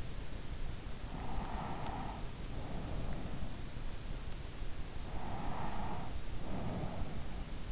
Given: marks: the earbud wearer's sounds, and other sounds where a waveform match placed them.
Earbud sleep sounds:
sounds in sleep by an in-ear microphone; breath
0.75-3.89 s: breath
4.93-7.72 s: breath

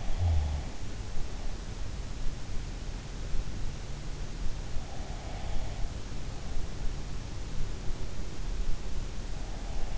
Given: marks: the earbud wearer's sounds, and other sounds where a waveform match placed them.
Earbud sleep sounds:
sounds in sleep by an in-ear microphone; snoring breath
0.00-0.67 s: snoring breath

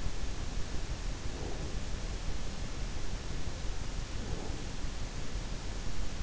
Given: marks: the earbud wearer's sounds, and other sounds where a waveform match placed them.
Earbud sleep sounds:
sounds in sleep by an in-ear microphone; breath
1.14-1.78 s: breath
4.08-4.76 s: breath

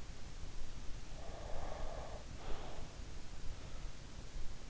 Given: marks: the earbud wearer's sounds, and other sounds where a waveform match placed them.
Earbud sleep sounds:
sounds in sleep by an in-ear microphone; breath
1.17-3.04 s: breath

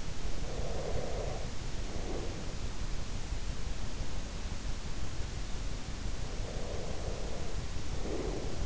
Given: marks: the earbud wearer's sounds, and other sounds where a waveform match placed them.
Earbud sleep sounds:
sounds in sleep by an in-ear microphone; breath
0.30-2.66 s: breath
6.21-8.66 s: breath

